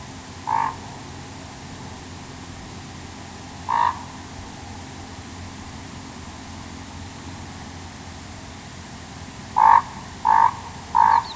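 Common raven giving five short, hoarse croaks: one near the start, one a few seconds later, then three in quick succession at the end, over steady background hiss.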